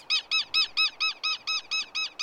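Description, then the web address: Southern Lapwing calls, a rapid even series of about ten strident notes, unbroken throughout. Nest defence. "southern lapwings defend their nest"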